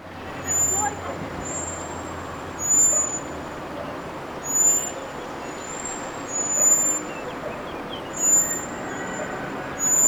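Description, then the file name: Common blackbird calling with long, thin high-pitched seee notes, several in a row with short gaps, above a steady noisy hiss. "Turdus merula"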